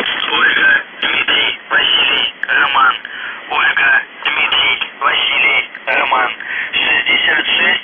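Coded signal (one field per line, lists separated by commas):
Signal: numbers station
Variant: UVB-76, Russian voice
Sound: a male voice reading short, evenly spaced words over a noisy shortwave channel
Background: radio static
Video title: The Buzzer/UVB-76(4625Khz) July 7, 2021 12:40UTC Voice message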